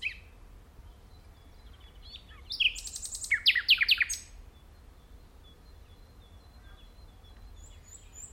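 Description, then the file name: Common nightingale song: a short phrase of sharp chirps and rapid notes in the middle, with quiet before and after. "Luscinia megarhynchos"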